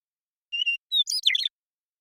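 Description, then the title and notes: Western meadowlark gives a quavering whistled opening, then a clean short note and a tangled, flute-like flourish that slides lower. Song, contact calls and flush; recorded in the Pacific Northwest, Washington, United States. "Western Meadowlark, Sturnella neglecta, song, contact calls, and flush, family: Troupials and Allies Recorded in the beautiful Pacific Northwest in Washington, United States"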